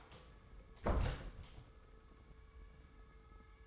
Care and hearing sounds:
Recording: daily activity, microphone in the room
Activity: close door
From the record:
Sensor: 3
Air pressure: 1015.2 hPa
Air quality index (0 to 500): 144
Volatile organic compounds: 7 ppm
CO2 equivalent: 2032 ppm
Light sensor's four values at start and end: 15/40/16/17 and 15/40/16/17

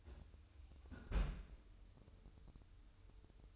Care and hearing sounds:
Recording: daily activity, microphone in the room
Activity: close fridge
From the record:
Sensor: 2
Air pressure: 988.3 hPa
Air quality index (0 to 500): 194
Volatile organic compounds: 206 ppm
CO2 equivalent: 4233 ppm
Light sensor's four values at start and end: 22/74/29/27 and 22/74/29/27

